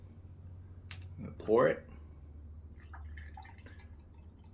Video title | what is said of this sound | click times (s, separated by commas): What does Ensure Clear Taste Like? Mixed Berry | We're going to open it up. You can hear some clicks. | 0.1 s, 0.9 s